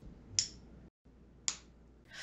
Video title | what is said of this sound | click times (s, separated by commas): '드르르륵' 청각 검사, 이젠 Listen AI가 합니다. - Industrial 세미나 with CEO 이수지 | 소리가 났을 때에이 따닥하는 소리를 한번 들어 보시면 목표 공정 소리는 이렇습니다. | 0.4 s, 1.5 s